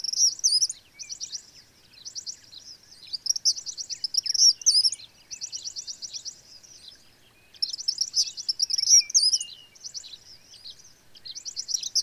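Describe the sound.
Bird song with high, rapid trills and sharp chirps in bursts every few seconds, mixing fast rattling series with thin whistled notes.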